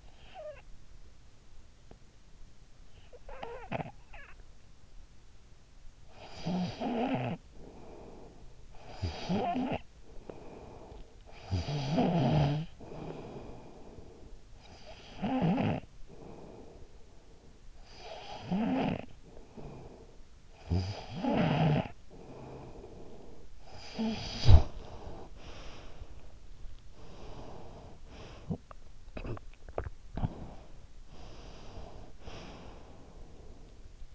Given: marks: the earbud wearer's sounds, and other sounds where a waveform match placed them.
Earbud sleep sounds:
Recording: sounds in sleep by an in-ear microphone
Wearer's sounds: snoring breath, breath, cough or throat clearing or sniffle, swallowing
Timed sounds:
0.00-0.83 s: snoring breath
3.08-4.60 s: snoring breath
5.86-17.35 s: snoring breath
17.52-26.66 s: snoring breath
26.66-28.44 s: breath
28.41-29.58 s: cough or throat clearing or sniffle
29.58-30.56 s: swallowing
31.04-34.15 s: breath

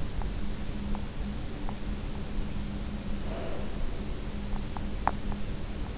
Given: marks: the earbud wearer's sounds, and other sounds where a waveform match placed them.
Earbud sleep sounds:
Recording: sounds in sleep by an in-ear microphone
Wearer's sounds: teeth grinding, breath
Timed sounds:
0.02-1.89 s: teeth grinding
3.16-3.98 s: breath
4.32-5.87 s: teeth grinding

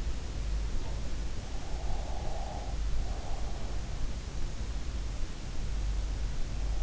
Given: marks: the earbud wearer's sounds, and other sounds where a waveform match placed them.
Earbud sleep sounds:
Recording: sounds in sleep by an in-ear microphone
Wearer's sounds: breath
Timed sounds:
1.88-3.54 s: breath

